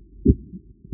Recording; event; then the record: neck accelerometer signal played as sound; voluntary cough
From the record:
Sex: male